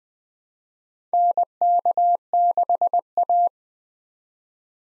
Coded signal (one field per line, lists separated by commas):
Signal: Morse code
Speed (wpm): 20 wpm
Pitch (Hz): 700 Hz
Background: none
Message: NK6A